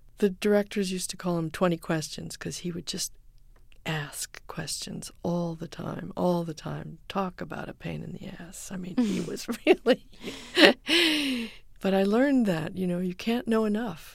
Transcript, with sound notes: The directors used to call him 20 Questions because he would just ask questions all the time, all the time. Talk about a pain in the ass. I mean, he was really (laughter). But I learned that, you know, you can't know enough.